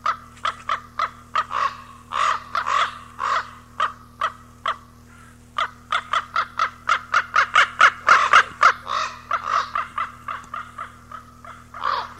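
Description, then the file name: Common raven calls: rapid bursts of short, gravelly croaks, several per second, pausing briefly and resuming, with a low hum beneath. Recorded 18 April 1994. "18 04 94 Ccorax"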